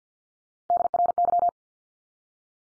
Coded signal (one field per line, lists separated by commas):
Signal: Morse code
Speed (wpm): 50 wpm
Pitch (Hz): 700 Hz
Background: none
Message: DRY